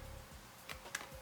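A fog light wiring harness connector is pushed into its mating plug while Mishimoto xB fog lights are installed on a 2015 Subaru WRX. Two sharp clicks sound at 0.7 s and 1.0 s, the second louder, over a faint steady hum. The connector is seated.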